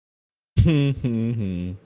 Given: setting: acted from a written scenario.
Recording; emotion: vocal sound without words; amusement